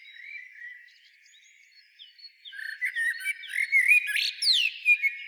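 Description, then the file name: Common blackbird singing: soft faint notes at first, then a louder phrase of rising whistles breaking into high, sliding squeaky notes. "Turdus merula"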